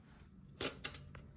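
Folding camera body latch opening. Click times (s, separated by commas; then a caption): 0.9 s. A folding Polaroid instant camera's body latch is released and the camera pops open. A broadband burst starts around 0.6 s, followed by the sharp pop at 0.9 s, a smaller click at 0.9 s and a faint tick near 1.1 s, all over a low background hum.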